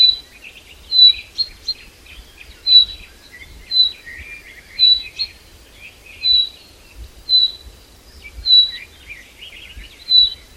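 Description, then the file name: Common chaffinch uttering a sharp high whistle again and again, about once a second, with quieter twittering in the background. "Fringilla coelebs"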